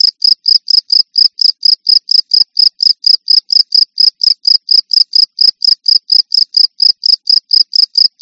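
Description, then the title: Cricket giving many rapid, regular high-pitched chirps, continuing without pause. "jangkrik"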